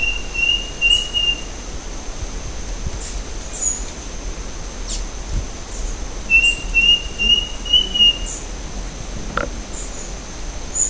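Bird giving thin, high trilled whistles in two short bursts, with scattered faint chirps above and a steady background hiss.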